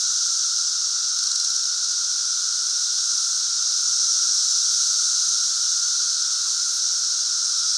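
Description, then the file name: Cicadas droning together, an unbroken high sizzling buzz with a steady lower whine, level and unchanging throughout. Chorus during the 2024 220-year cicada emergence. "Lincoln's Cabin Cicadas"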